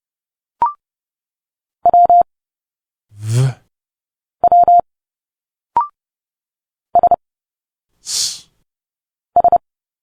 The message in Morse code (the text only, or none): W W S S